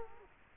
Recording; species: mosquito wingbeat signal from an infrared sensor; Culex quinquefasciatus